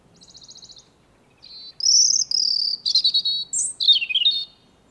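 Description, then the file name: European robin song: a short buzzy pulsed trill, then a pause, then a run of high, sweet, varied warbled notes that rise and fall. "Erithacus rubecula 240922"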